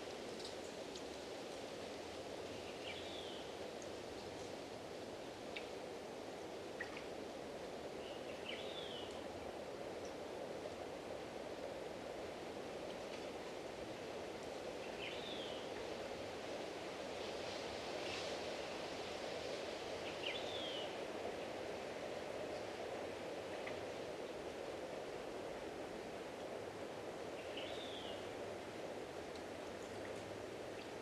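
In a Florida cypress preserve, a steady rushing hiss fills the middle range while a short, bright chirp repeats roughly every six seconds.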